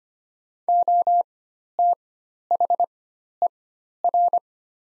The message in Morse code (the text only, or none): OTHER